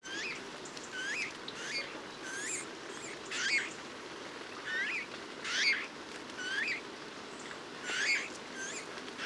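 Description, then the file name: Eurasian bullfinch calls: soft hooked whistled notes with harmonics, given at irregular intervals, sometimes doubled. "Pyrrhula pyrrhula"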